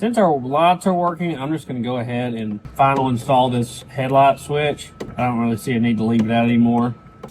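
Someone talks while handling a headlight switch for its final install in the dashboard mount of a 1964 Galaxie wagon, since the lights are now working and it no longer needs to be left out. Speech fills the clip, with a faint brief sound near the end. The switch has not yet seated or clicked into the dash when the clip ends.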